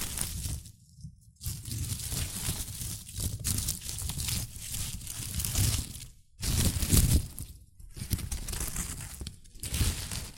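Shredded tissue and packing peanuts rustle and crinkle in dense bursts, broken by brief silences near one, six and eight seconds.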